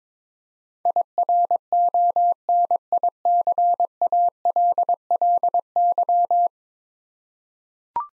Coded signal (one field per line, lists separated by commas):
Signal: Morse code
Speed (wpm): 22 wpm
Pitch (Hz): 700 Hz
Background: none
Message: IRONICALLY